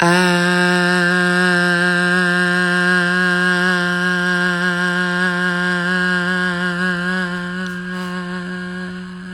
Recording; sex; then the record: sustained vowel /a/; female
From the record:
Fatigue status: fatigue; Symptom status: symptomatic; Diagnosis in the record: COVID-19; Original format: m4a